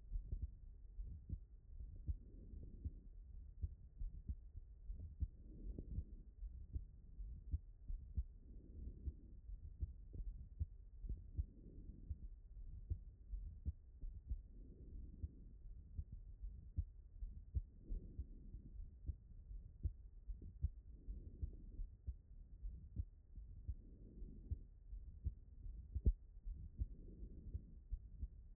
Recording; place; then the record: heart sounds by stethoscope; pulmonary valve (PV)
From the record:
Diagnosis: non-HFrEF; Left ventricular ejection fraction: 64%